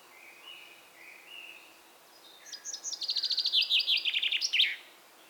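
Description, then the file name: Common chaffinch song after soft background whistles: a rattling run of rapid notes descending in steps, closing with an emphatic flourish. "Fringilla coelebs"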